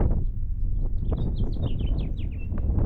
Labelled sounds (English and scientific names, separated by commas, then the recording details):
House Finch (Haemorhous mexicanus) song
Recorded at Point Lookout on Long Island, New York, on 2 June 1975
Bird B